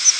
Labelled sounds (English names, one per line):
Palm Warbler flight call